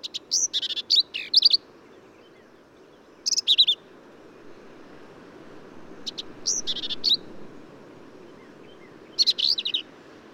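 Black-capped vireo delivering four spaced phrases of scratchy, high chattering notes with warbled slurs; pauses of a second or more separate them.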